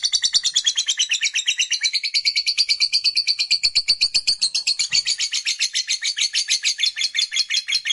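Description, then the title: Lovebird delivering a continuous rapid chatter of harsh pulsed notes, fast and even, throughout. Lovebird that was reluctant to sing, prompted to sing spontaneously with intensity. "LOVEBIRD Malas Bunyi JADI GREGET SPONTAN Langsung NARIK"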